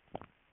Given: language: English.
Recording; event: throat vibration sensor signal played as sound; swallow